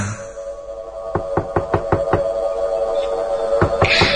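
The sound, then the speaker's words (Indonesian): Someone knocks on a door in a quick series of about six sharp raps, pauses, then adds two more knocks. The knocks are crisp and fairly loud over a steady low hum. “ada suara ketukan pintu.”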